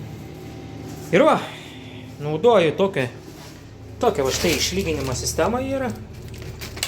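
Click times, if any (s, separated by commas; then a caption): 6.8 s. A tile leveling system clip is pushed in under the edges of two wall tiles at the joint until it hooks on the far side. Someone talks through most of the clip, with a few faint ticks near 6.3 s. A sharp click at 6.8 s marks the clip seating.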